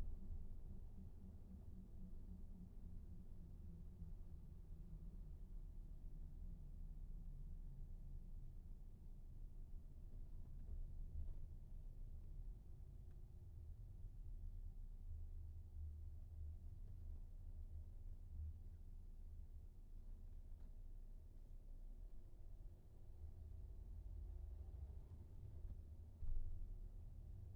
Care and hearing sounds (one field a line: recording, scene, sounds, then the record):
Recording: everyday scene through a hearing-aid microphone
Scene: in a vehicle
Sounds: engine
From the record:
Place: VW T5 Caravelle, diesel engine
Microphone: behind the ear, right, rear